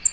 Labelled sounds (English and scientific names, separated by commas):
American Redstart (Setophaga ruticilla) flight call